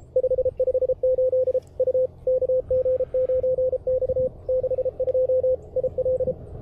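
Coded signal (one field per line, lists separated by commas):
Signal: Morse code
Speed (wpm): 34 wpm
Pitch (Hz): 510 Hz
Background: radio noise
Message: 558 U KG9X 62 IL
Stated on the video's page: CW heard on small portable QRP transceivers (CFT1, QMX, KH1) with an end-fed trail-friendly antenna during a Parks on the Air receiver comparison.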